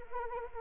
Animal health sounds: mosquito wingbeat signal from an infrared sensor; Anopheles arabiensis

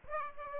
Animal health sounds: mosquito wingbeat signal from an infrared sensor; Aedes aegypti

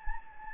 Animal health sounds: mosquito wingbeat signal from an infrared sensor; Anopheles gambiae

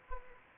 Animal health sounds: mosquito wingbeat signal from an infrared sensor; Anopheles gambiae

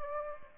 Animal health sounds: mosquito wingbeat signal from an infrared sensor; Aedes albopictus

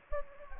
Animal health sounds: mosquito wingbeat signal from an infrared sensor; Anopheles gambiae

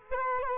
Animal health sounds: mosquito wingbeat signal from an infrared sensor; Culex quinquefasciatus

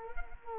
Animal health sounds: mosquito wingbeat signal from an infrared sensor; Culex quinquefasciatus

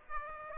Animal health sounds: mosquito wingbeat signal from an infrared sensor; Aedes aegypti

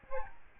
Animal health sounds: mosquito wingbeat signal from an infrared sensor; Aedes albopictus

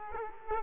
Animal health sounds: mosquito wingbeat signal from an infrared sensor; Culex quinquefasciatus

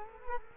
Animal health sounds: mosquito wingbeat signal from an infrared sensor; Culex quinquefasciatus

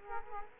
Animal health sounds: mosquito wingbeat signal from an infrared sensor; Culex quinquefasciatus

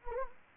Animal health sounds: mosquito wingbeat signal from an infrared sensor; Anopheles gambiae

